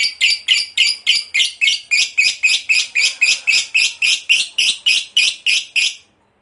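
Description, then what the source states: Lovebird in a long rapid chatter of rasping high notes, nearly four per second, running six seconds before stopping abruptly. Long ngekek chatter, described as gacor (in full, frequent voice).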